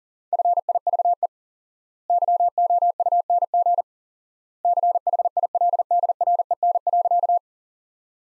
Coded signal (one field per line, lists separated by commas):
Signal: Morse code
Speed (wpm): 40 wpm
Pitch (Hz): 700 Hz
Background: none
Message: FIVE YOUNG CHILDREN.